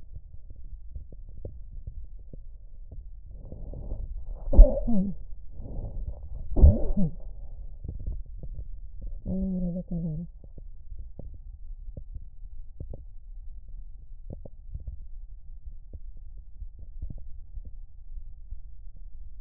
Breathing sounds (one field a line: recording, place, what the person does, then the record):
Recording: lung sounds by stethoscope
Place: right anterior apical chest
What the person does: quiet breathing, then cough and speech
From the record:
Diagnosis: interstitial lung disease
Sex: female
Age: 65 years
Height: 156 cm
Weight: 66.8 kg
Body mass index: 27.4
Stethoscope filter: extended mode